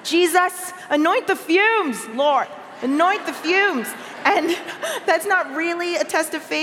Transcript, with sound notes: Jesus, anoint the fumes. Lord, anoint the fumes.” (Sounds of laughter.) That's not really a test of faith.